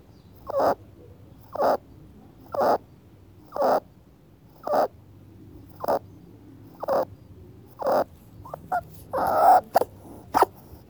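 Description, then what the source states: Rabbit sneezing or squeaking: a series of sharp, breathy bursts, roughly one a second, with a longer noisy burst near the end. Rabbit making squeaking and sneezing sounds.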